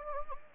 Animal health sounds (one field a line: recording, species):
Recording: mosquito wingbeat signal from an infrared sensor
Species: Anopheles gambiae